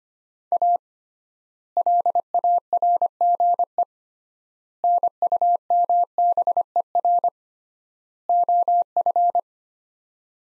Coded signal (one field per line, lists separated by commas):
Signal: Morse code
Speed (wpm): 25 wpm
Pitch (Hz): 700 Hz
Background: none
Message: A LARGE NUMBER OF